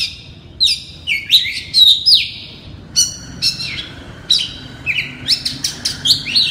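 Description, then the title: Oriental magpie-robin song: quick varied phrases of clear whistles, sweeping up and down notes and sharp chips, delivered in bursts separated by short pauses. "Kacer"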